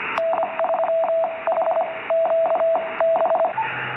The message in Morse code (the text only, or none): N3HQB